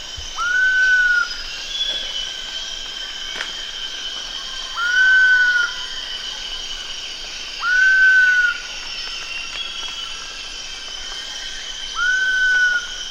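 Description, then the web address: Giant pitta giving a pure whistled note that rises briefly, holds, then dips, repeated four times at intervals of about four seconds over a steady high insect drone. Recorded at Danum on 1 August 2009. "DANUM 20090801 giant pitta"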